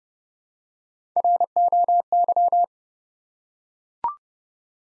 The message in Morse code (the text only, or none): ROY